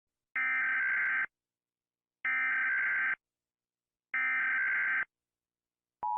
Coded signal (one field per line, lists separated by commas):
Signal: Emergency Alert System (SAME) tones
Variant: header bursts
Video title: 🚨 Rating EAS alarms from around the world 🚨 || ・Chibicake Gacha・